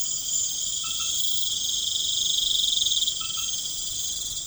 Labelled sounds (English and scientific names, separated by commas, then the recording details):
none
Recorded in pastures near Puerto Asís, Putumayo, Colombia, on 12 March 2025 at 21:00
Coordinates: 0.505, -76.324
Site GP08